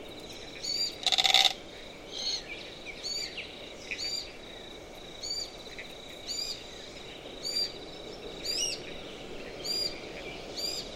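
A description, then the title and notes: A Glossy Black Cockatoo and her young call softly under She-oaks, with short creaky, scratchy notes recurring every second or so throughout. One louder, harsher burst stands out just after the first second. A steady, bright insect-like hiss and a faint low rumble continue underneath. Autumn Afternoon In The Marshy Woodlands By Durras Lake. Underneath the still, coastal She-oaks an adult Glossy Black Cockatoo and her young softly sing and hauntingly creak as the light begins to fade. Murramarang National Park, NSW, Australia.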